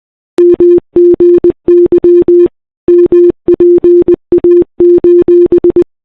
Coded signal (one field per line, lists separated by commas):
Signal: Morse code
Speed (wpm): 21 wpm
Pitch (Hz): 340 Hz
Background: none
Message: MGY MPA: